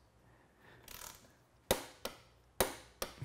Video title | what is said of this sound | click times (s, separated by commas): Intense Tech Series: Lower Link Service for Enduro | two clicks that's all you need since our bearing caps are still in place with the | 1.7 s, 2.6 s